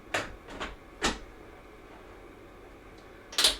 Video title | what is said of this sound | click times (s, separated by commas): Shark NV356E Navigator: Pro Upright Vacuum with Lift-Away & Swivel #DeepClean #HomeCleaning #vacuum | that we are also going to snap into place. | 0.2 s